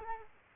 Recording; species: mosquito wingbeat signal from an infrared sensor; Culex quinquefasciatus